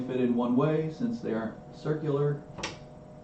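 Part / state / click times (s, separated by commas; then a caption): topper wiring connector into machine harness plug / seated / 2.6 s. Someone talks while a keyed, non-circular wiring connector for a Game of Thrones pinball machine topper is pushed into its mating plug on the machine's harness. A short, sharp click is heard at 2.6 seconds as the connector seats into place.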